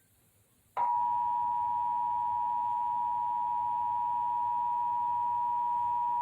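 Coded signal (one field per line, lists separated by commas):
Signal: Emergency Alert System (SAME) tones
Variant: 853 and 960 Hz attention tone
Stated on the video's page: Indiana required monthly test received on Comcast cable.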